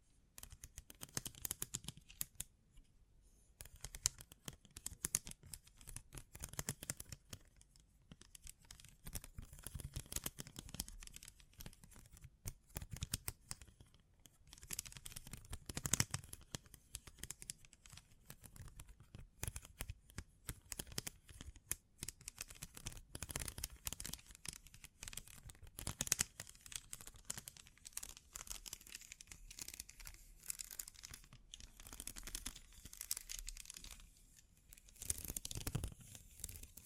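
Bling bling triggers: a dense run of crisp tapping, clicking and crinkling that carries on for the whole stretch with hardly a pause. The sounds come in quick, irregular clusters, bright and scratchy on top with soft thumps underneath, sharpest around the middle.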